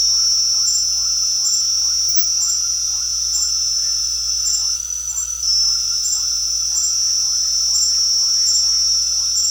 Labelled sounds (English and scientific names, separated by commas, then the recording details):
none
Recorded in pastures near Puerto Asís, Putumayo, Colombia, on 4 March 2025 at 20:30
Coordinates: 0.497, -76.327
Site G072